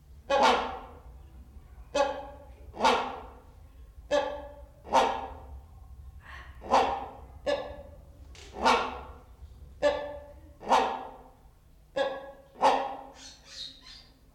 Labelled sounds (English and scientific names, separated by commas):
Great Hornbill (Buceros bicornis)